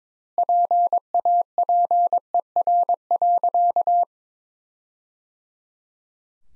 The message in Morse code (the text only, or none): PAPER.